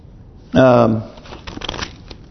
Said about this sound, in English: Two pages turn at the same time.